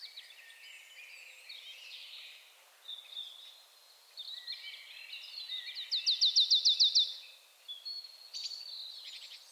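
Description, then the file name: Marsh tit delivering a single fast run of repeated clipped notes in the second half, amid a busy chorus of other small birds chirping and warbling. "Poecile palustris"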